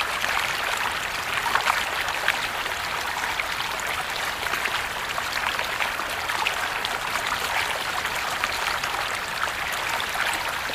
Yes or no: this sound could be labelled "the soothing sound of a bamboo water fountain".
yes